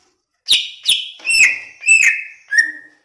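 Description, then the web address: Greater green leafbird song: five rich whistled notes, each starting high and sliding down, delivered about twice a second. Banyuwangi; described as gacor, an energetic, continuous singer. "cucak-ijo suara-cucak-ijo-banyuwangi-gacor"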